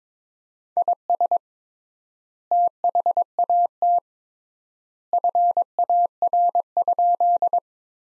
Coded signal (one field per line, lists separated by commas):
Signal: Morse code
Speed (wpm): 22 wpm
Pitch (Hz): 700 Hz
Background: none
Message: IS THAT FAR?